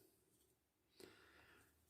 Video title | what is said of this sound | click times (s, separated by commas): Transformers Newage H13 Lucifer(Legends Starscream) | It does lock in, apparently, like that. You have a little click, so you push down on it, and it locks it in. | 1.0 s